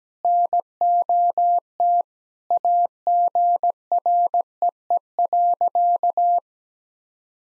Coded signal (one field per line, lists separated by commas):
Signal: Morse code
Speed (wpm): 17 wpm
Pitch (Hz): 700 Hz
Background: none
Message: NOT AGREE.